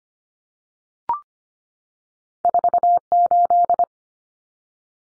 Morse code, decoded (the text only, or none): 48